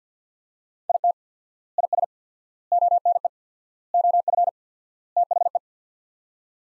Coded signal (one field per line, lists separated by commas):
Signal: Morse code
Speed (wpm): 50 wpm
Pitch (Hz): 700 Hz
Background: none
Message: IT IS ONE OF THE